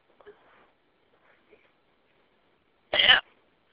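An adult with hiccups, heard over a telephone message line: faint breathy sounds, then one loud, abrupt hiccup.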